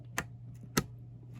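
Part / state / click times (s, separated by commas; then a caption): memory module into motherboard DIMM slot / seated / 0.2 s, 0.8 s. A memory stick is slid into a motherboard DIMM slot and pushed firmly until both retention latches click. Two sharp clicks sound at 0.2 s and 0.8 s over a low steady hum, and the stick is seated. Someone talks.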